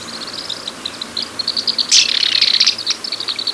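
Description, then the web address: Tufted tit-tyrant giving a rapid run of high, twittering notes that swells into a louder excited burst midway, then continues more softly. Recorded in Ecuador. "Birds of Ecuador 2. Tufted Tit-Tyrant"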